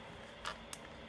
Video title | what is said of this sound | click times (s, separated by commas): Evo X Vent Gauge Install | just kidding it is yep so there we go it's locked in | 0.5 s, 0.7 s